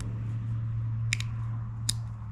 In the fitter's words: positive click